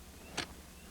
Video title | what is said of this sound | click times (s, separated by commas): Loggy Bayou Tree Stand Instructional Terry Bradshaw | Listen for the click. This is real important. As we push the seat up, those locking pins going to click in place. | 0.4 s